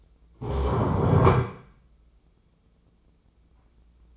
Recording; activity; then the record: daily activity, microphone in the room; stand up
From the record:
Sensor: 1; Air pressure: 996.0 hPa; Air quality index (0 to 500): 235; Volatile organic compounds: 1000 ppm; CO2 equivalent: 6829 ppm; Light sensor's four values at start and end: 34/84/36/43 and 34/83/35/43